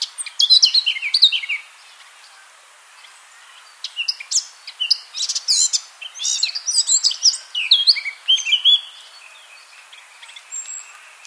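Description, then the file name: Eurasian blackcap singing a short scratchy burst, then a long, lively warble mixing harsh chatter and clear whistled notes. "Sylvia atricapilla"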